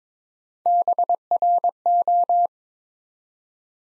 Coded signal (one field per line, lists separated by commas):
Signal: Morse code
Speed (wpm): 22 wpm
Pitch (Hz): 700 Hz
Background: none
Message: BRO